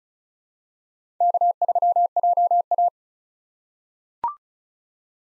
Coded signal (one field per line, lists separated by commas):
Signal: Morse code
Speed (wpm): 36 wpm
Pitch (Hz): 700 Hz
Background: none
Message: K3JA